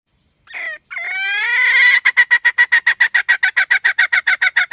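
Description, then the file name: Red junglefowl hen: one short note, then a long rising squawk leading into a steady, brisk series of rough clucks. "tieng ga mai rung"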